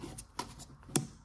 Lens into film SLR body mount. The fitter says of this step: see and now we clicked and the button over here popped up meaning that it's locked in